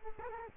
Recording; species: mosquito wingbeat signal from an infrared sensor; Culex quinquefasciatus